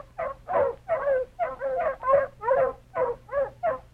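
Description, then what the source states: Dogs barking: many harsh barks in quick succession. A pack of dogs barking.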